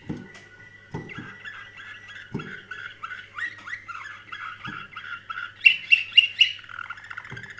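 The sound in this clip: Canary warbling in a steady stream of quick notes, with four loud clipped chirps near the end before the warbling resumes, a few low thumps and a faint hum.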